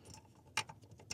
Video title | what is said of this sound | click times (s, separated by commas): Toyota 4Runner Remote Start #toyota #4runner #remotestart | You're going to plug it in, this black connector from the supplied harness, and listen for that to click in, and then you're going to push this in its | 0.6 s